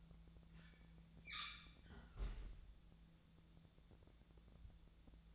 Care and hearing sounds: daily activity, microphone in the room; close fridge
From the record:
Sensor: 3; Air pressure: 1000.1 hPa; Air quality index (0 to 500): 132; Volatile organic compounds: 2 ppm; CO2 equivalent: 1178 ppm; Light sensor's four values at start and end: 43/110/47/51 and 43/110/46/51

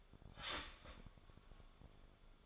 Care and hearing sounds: daily activity, microphone in the room; start toaster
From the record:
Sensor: 5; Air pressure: 1014.8 hPa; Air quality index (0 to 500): 197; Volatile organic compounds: 8 ppm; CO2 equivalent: 2100 ppm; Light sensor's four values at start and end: 16/38/15/13 and 16/38/15/13

